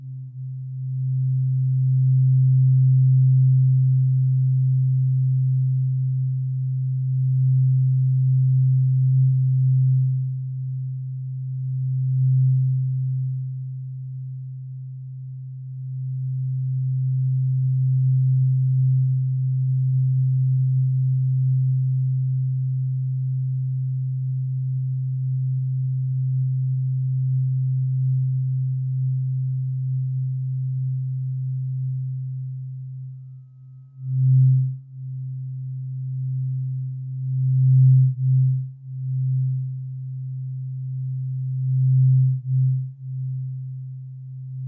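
A tuning fork rings as a low, pure steady tone with a faint overtone, swelling slightly, then briefly breaking and wavering after thirty-four seconds.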